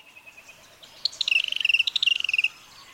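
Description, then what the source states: Robin song: several faint high notes, then a rapid dry trill of repeated notes lasting about one and a half seconds, over soft background hiss. Medley of robin sounds.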